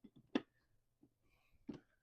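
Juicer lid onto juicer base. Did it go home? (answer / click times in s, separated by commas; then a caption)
yes / 0.4 s. A plastic TUUMIIST juicer lid, slid down onto its base, is twisted around amid soft handling bumps until it clicks at 0.4 s, locking into place. A softer knock follows at 1.7 s.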